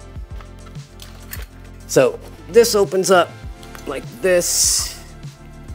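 Someone swings open the folding arm of a plastic Porter Cable tripod work light, with light handling taps and knocks while someone talks. The arm has not yet locked into its open position, and nothing has clicked or seated by the end of the clip.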